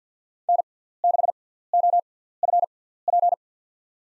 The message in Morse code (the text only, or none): N6OFP